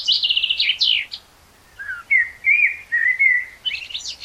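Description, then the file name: Common blackbird singing: a squeaky high twitter, then several clear mid-pitched whistled notes in a row, ending with another brief scratchy flourish. "Turdus merula"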